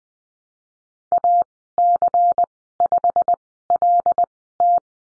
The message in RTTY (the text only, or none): none